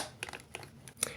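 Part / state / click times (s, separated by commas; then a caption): torso panels of a plastic transforming action figure / seated / 1.0 s. The plastic torso panels of a Playmates MonsterVerse Titan Tech Kong transforming action figure are closed back up, with a few small plastic taps and rattles at about 0.2, 0.3, 0.6 and 0.9 s. The panels click shut at 1.0 s with the loudest, sharpest snap, and the torso is seated.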